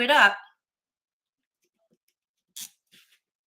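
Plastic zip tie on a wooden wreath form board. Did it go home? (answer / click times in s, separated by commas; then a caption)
yes / 2.6 s. Someone talks briefly as a plastic zip tie is pulled through the holes of a wooden triangle wreath board and tightened. A short, sharp click is heard at 2.6 s, followed by a few fainter ticks. The zip tie ratchets and locks in place.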